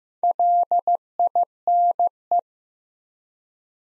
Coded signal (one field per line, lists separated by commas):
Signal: Morse code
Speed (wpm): 15 wpm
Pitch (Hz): 700 Hz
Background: none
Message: LINE